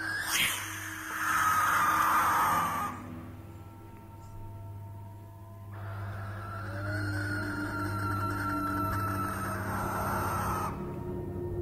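Three barn owls screech in two long, harsh, hissing bursts, the first about three seconds and the second about five, rising over a steady low droning hum.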